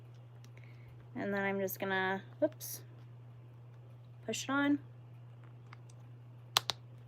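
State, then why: Seated. A plastic locking washer backing is pushed onto the post of a plastic safety nose set in a crocheted cat plush while someone talks. Two sharp clicks are heard at 6.6 and 6.7 seconds as the backing seats onto the nose post.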